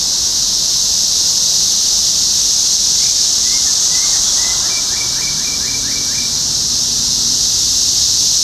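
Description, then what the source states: Cicadas in a ceaseless high-pitched buzzing chorus, with a brief run of chirps partway through. Cicadas recorded in Topeka, Kansas, on 14 June 2015.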